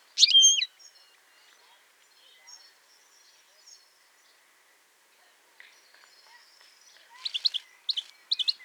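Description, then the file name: European goldfinch calls: a loud, sharp twittering burst opens, then quiet scattered notes, and a run of quick high chirps to close. "Carduelis carduelis"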